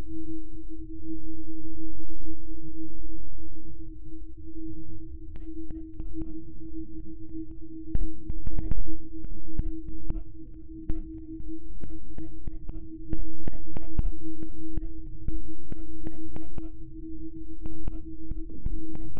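Digitally processed Niagara Falls: a steady humming tone over low rumbling grumbles, with sharp clicking beats scattered densely from about five seconds on.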